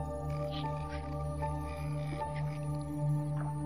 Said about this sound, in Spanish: La empatía, permítanme que beba un poquito de agua.